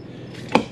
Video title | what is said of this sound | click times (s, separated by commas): Fairway RV Rentals | So I turned this earlier, so we're gonna turn it back till it clicks. There, you heard a click. | 0.5 s